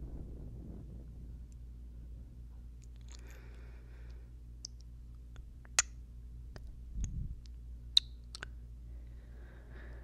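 Quiet mouth sounds: scattered wet clicks and smacks, the sharpest near six and eight seconds, over a low steady hum. Soft breathy hissing rises around three to four seconds and again at the end, with a muffled low thump near seven seconds.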